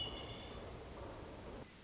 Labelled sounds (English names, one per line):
Hermit Thrush